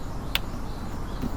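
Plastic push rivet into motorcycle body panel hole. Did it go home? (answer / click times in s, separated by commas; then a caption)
yes / 0.4 s. A plastic push rivet, located in the holes of a 2025 Honda NC750X's battery/fuse panel, is pushed down until it clicks into place. A single short, sharp click is heard at 0.4 s over a steady low background, and the rivet is seated.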